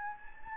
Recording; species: mosquito wingbeat signal from an infrared sensor; Anopheles gambiae